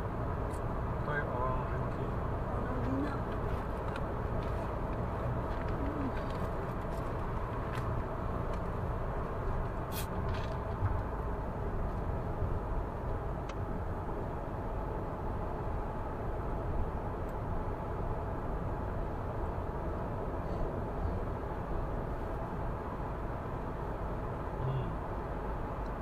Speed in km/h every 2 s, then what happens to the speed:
105, 105, 105, 105, 102, 95, 89, 88, 87, 90, 90, 90, 91.
0-7 steady at about 105. 7-13 slows to 88. 13-26 steady at about 90.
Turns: none.